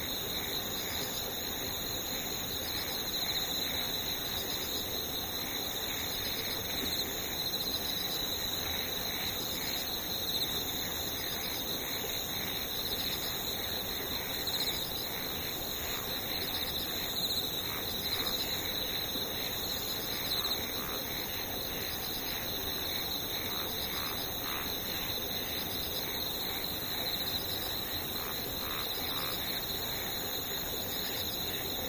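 Insects drone steadily throughout in several high, thin whining layers, with a faint rapid ticking pulse underneath and a soft low hiss.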